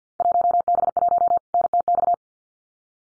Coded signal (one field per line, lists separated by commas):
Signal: Morse code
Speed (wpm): 50 wpm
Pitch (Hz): 700 Hz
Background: none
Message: 1B1 NTX